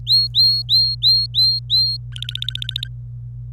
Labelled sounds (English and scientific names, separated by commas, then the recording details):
Domestic Canary (Serinus canaria) song
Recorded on 25 April 2018 at 14:06
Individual llb3